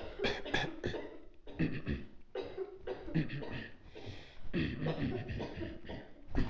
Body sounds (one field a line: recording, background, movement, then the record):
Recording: throat clearing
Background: a bystander coughing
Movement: sitting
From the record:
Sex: male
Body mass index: 23.7 kg/m2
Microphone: on the chest, facing outward